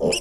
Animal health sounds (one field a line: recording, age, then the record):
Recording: pig call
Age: piglet (1 to 25 days)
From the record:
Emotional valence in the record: negative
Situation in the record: crushing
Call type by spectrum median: low-frequency call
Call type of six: mixed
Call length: 0.20 s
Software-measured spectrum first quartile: 445 Hz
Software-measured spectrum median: 1325 Hz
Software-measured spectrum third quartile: 4942 Hz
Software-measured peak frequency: 443 Hz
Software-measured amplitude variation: 127 dB a second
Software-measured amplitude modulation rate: 22.0 a second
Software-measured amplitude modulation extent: 5.8 dB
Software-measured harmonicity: 4.0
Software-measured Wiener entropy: -5.13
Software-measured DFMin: 1458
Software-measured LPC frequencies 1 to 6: 484, 2774, 5255, 5790, 7198, 7899 Hz